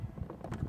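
A plastic wiring connector on a GY6 scooter's alarm and remote-start harness is squeezed with both hands and pushed all the way into its mating connector. Sharp clicks are heard at 0.3 s and 0.4 s over a low rumbling background. The connector is confirmed seated.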